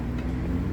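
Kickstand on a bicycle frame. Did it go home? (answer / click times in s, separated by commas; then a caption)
no / none. A kickstand on a Dorello 2650 city bicycle frame is moved the wrong way and does not lock into its place; it has to be pressed upward to seat. Only a steady low-pitched hum with no distinct transients is heard, and the kickstand has not seated or clicked yet.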